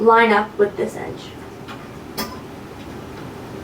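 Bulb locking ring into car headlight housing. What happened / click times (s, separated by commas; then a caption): The locking ring is being lined up by hand and has not seated yet / none. A plastic headlight bulb locking ring is being lined up edge to edge with a car headlight housing while someone talks. Speech is followed by faint handling noise and a brief light tap near 2.2 seconds, but nothing has seated or clicked yet.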